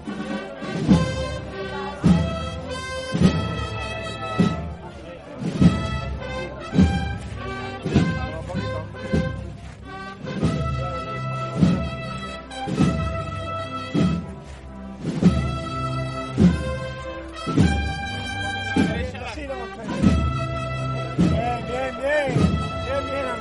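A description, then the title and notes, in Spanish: A street procession passes by, its band playing a slow march of sustained brass chords over a steady, heavy drum beat about once a second. Sonidos del trasncurrir del paso de María Santísima de Salud y Esperanza por el barrio de San Benito en su regreso tras haber participado del Vía Lucis Mariano. Acompaña la Banda de Música Nuestra Señora del Carmen de Salteras.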